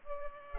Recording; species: mosquito wingbeat signal from an infrared sensor; Culex pipiens